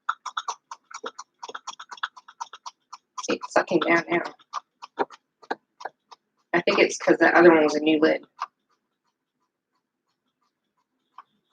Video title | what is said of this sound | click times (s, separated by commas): How to Preserve Food Dry Goods Pantry Organizing Food Saver & Brake Bleeder Prepper Pantry | you may hear the pop i heard it pop | 11.2 s